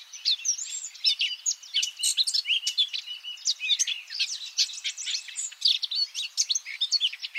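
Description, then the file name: Eurasian blackcap delivering a rapid, dense warble of chirps and squeaky notes that runs steadily throughout. "Sylvia atricapilla"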